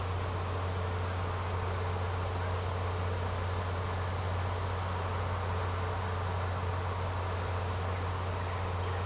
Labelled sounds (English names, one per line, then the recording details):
none
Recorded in secondary vegetation near Puerto Asís, Putumayo, Colombia, on 19 March 2025 at 14:00
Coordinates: 0.468, -76.324
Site G059